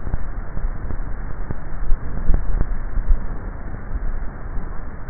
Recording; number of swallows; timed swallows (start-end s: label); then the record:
swallowing sounds by neck microphone; 1
2.52-3.28 s: swallow
From the record:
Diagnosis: dysphagia